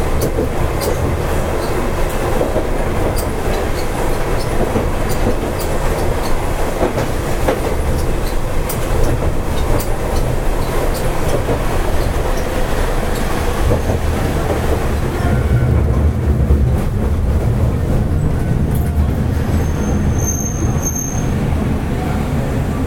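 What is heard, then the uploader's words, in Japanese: A Hankai Tramway type 701 tram runs steadily, with a dense low rumble and rattling wheel noise throughout. Faint clicks and knocks scatter across the ride, the sound eases slightly after about fifteen seconds, and brief high beeping tones appear around twenty seconds. 阪堺電気軌道701形電車の走行音です。阪堺線で録音しました。区間は、我孫子道から恵美須町までです。阪堺電車701形 あびこ道から恵美須町まで。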